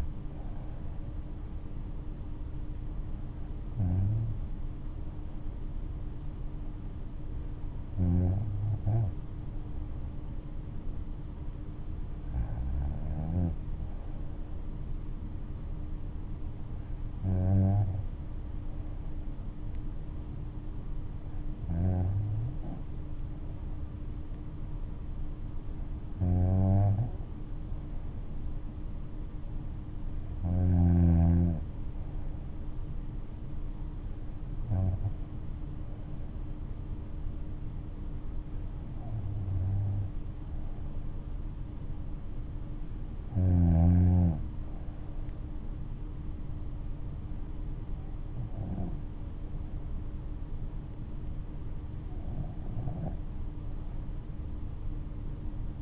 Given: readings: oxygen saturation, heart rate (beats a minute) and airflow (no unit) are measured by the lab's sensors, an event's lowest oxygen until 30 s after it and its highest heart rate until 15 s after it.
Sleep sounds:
breathing in sleep by a smartphone at the bedside; none
42.00-55.82 s: new sleep stage, N2 (light sleep)
From the record:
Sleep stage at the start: N3 (deep sleep); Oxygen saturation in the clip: 94 to 95%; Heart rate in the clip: 59 to 71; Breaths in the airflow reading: 12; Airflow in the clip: -6.1 to 5.2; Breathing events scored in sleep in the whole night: 228 in 5.4 hours asleep

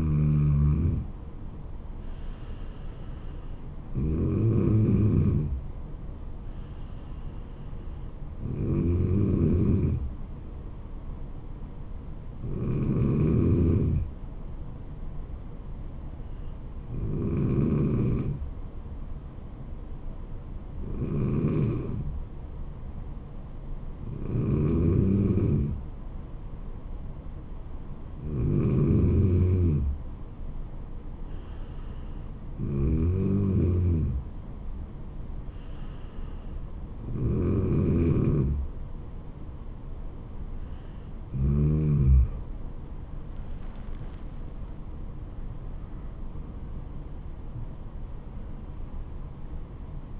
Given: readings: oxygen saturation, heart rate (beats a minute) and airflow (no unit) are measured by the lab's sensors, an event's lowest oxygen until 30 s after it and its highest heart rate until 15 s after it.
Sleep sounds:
breathing in sleep by a smartphone at the bedside; none
44.00-50.20 s: new sleep stage, N2 (light sleep)
From the record:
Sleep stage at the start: N3 (deep sleep); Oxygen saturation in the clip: 94 to 96%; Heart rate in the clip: 69 to 81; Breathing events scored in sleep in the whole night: 426 in 7.4 hours asleep

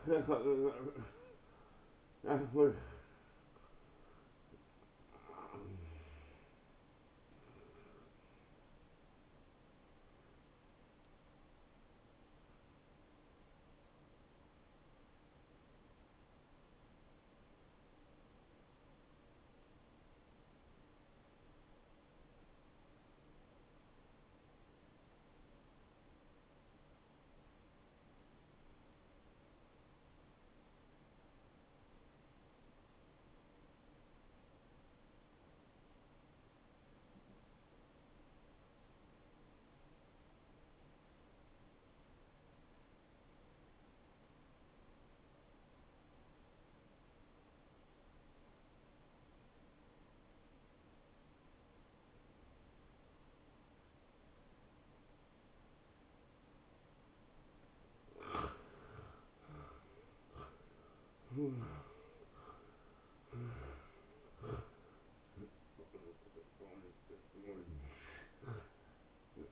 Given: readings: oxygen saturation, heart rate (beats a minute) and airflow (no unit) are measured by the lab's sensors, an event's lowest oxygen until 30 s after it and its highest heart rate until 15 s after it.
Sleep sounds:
breathing in sleep by a voice recorder at the bedside; 1
10.00-40.00 s: new sleep stage, N1 (lightest sleep)
13.00-57.30 s: hypopnea (N1, oxygen 96% highest, then 81% lowest)
40.00-69.52 s: new sleep stage, N2 (light sleep)
From the record:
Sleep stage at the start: N2 (light sleep); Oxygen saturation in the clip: 81 to 96%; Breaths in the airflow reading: 8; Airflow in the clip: -15.5 to 10.2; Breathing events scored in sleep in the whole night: 263 in 5.5 hours asleep

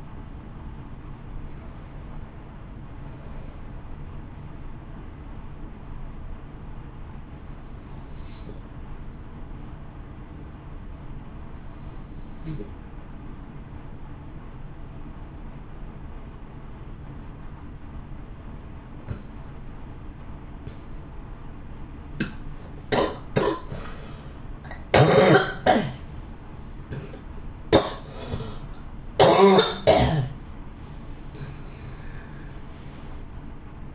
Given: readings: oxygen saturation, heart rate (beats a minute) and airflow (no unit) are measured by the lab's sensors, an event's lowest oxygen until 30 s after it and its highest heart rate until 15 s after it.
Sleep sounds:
breathing in sleep by a smartphone at the bedside; 1
5.00-24.60 s: hypopnea (N1, oxygen 95% highest, then 91% lowest, heart rate 60 at the start, 80 highest)
From the record:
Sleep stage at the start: N1 (lightest sleep); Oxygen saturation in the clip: 92 to 95%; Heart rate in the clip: 57 to 78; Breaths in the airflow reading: 8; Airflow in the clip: -2.0 to 2.6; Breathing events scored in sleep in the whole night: 328 in 6.3 hours asleep

